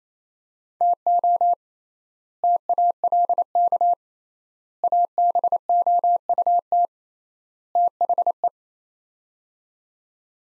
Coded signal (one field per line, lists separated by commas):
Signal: Morse code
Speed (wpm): 28 wpm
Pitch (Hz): 700 Hz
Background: none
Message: TO TALK ABOUT THE